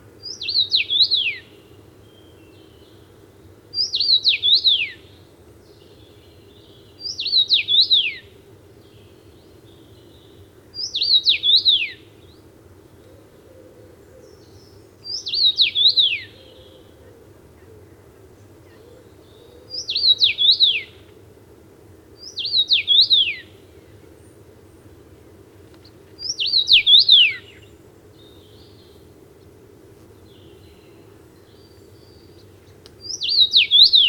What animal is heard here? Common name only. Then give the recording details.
Common Rosefinch. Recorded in the wild. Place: Sassnitz, Insel Rügen, Mecklenburg-Vorpommern, DE. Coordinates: 54.565, 13.615. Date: 1978-05-31 07:15. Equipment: Nagra III BH, Sennheiser MD 21, parabola. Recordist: Schubert, Michael. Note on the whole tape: Gesang Karmingimpel